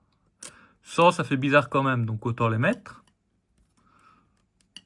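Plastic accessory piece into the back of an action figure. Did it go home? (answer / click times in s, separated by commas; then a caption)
yes / 4.8 s. Someone talks, then a plastic accessory piece is clipped into the back of a McFarlane Toys Batman Azrael action figure. A few faint taps are followed by a sharp click at 4.8 s as the piece seats.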